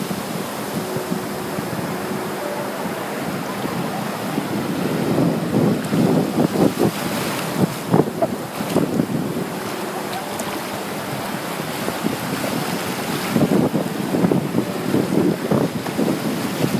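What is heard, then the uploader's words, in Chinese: The sea churns in a steady, dense wash with a low rumble underneath. Crackling bursts of surf swell up around the sixth to ninth seconds and again near the end, while a faint, thin hum comes and goes early on and around ten seconds. 海的声音。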